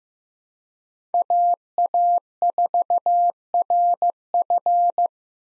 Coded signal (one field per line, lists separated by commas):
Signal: Morse code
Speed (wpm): 15 wpm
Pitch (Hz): 700 Hz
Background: none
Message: AA4RF